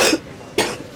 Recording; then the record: coughing mixed with background sound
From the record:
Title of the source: 61 morning phlegmy cough...again